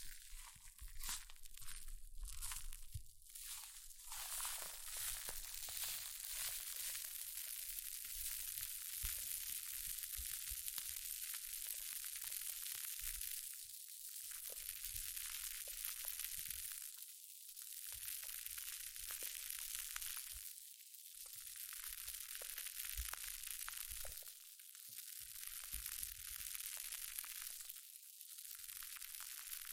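Hair mousse fizzes and crackles in a dense, steady hiss of tiny bright pops, with scattered crunchy clicks throughout. The fizz swells and thins in waves, briefly dropping out around 14, 17, 21, 24 and 28 seconds before picking back up.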